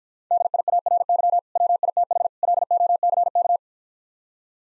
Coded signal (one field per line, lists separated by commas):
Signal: Morse code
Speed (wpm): 52 wpm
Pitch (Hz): 700 Hz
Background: none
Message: DIARY WITH LOCK